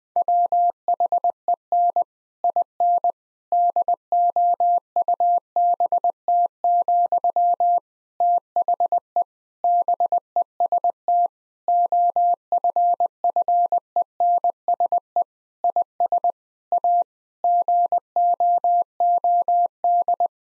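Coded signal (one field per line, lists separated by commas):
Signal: Morse code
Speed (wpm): 20 wpm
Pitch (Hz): 700 Hz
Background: none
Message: WHEN IN DOUBT, THE BEST OFFENSE IS A GOOD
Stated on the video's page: Morse copy practice of difficult sentences with contextual hints at 20 wpm, each sentence sent in Morse code.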